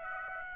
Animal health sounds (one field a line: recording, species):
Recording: mosquito wingbeat signal from an infrared sensor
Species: Aedes aegypti